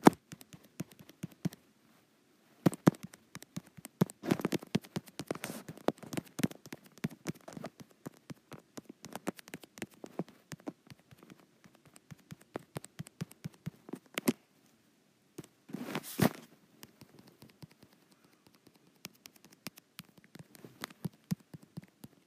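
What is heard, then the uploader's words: Fingers tap on a touch screen in quick, uneven bursts of sharp clicks and knocks, some groups dense and rapid, others sparse with short pauses. A louder cluster of taps comes around the four-second mark and again near sixteen seconds, with faint low thuds under each tap. ASMR Touch Screen.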